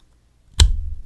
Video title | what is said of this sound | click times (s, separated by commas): TwoSun TS247! A Micro Fixed Blade! | there you go there's your click | 0.6 s